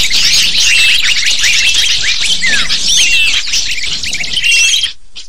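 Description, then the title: Lovebird flock chatter of piercing, overlapping chirps and slurred squeaks, stopping abruptly near the end. Used to lure lovebirds. "PIKAT BURUNG LOVEBIRD"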